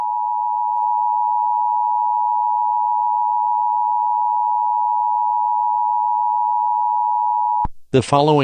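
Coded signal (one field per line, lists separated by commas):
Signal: Emergency Alert System (SAME) tones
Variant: 853 and 960 Hz attention tone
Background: speech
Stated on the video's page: Fictional EAS scenario, a mock alert for a story series.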